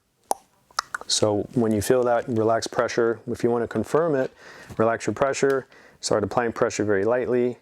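A click-type torque wrench tightens a bottom bracket cup in a bicycle frame. The wrench head breaks over at the set torque with sharp clicks at 0.3 s and 0.8 s, confirming the torque is reached, and then someone talks.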